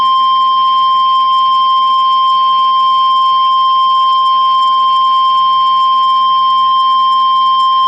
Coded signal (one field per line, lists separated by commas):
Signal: Emergency Alert System (SAME) tones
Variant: 1050 Hz attention tone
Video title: Chaotic Hiatus Hellstorm... EAS Alerts from 5/25/20-6/3/20 (EAS #14-26)